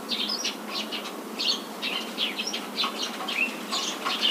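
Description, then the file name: Eurasian tree sparrow chatter, dense overlapping chirps, busy and continuous with soft background noise. "suzume"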